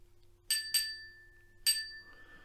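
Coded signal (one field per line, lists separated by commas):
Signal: bell signal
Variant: British railway block bell code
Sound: two quick bell dings, a short pause, then one more ding ringing on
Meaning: Train out of section: the train has left the section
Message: 2-1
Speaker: the train has left my section so he sends me train out of the section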